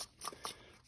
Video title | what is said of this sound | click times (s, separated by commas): 2009 Audi Q5 oil change | and then this baby will just pop into place | 0.2 s, 0.4 s